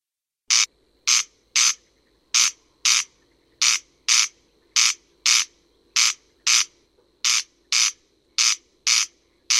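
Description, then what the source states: Corn crake giving its dry, grating rasp over and over; a quiet low drone sits beneath the calls. France; playback recording for breeding-season surveys.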